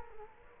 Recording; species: mosquito wingbeat signal from an infrared sensor; Culex quinquefasciatus